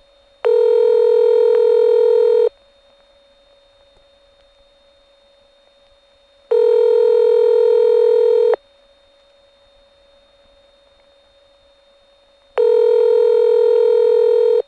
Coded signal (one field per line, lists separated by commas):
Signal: telephone call progress tone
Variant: North America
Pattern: ringback tone